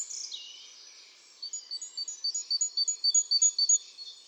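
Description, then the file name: Great tit calls: a brief sweeping note and soft twitter, then a row of clear, high repeated notes. "Parus major"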